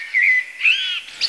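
Lark song fragment: thin whistled notes near mid-high pitch, a steady tone then a rising slurred note, ending with a brief high chirp.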